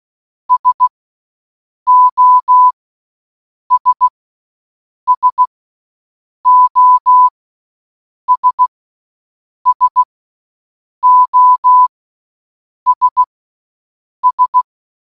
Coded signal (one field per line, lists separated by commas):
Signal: Morse code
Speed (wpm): 16 wpm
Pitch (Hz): 1000 Hz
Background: none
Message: SOS SOS SOS S